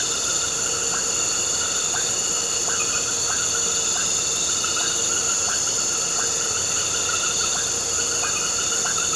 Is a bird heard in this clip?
no